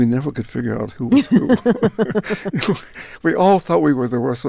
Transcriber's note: laughter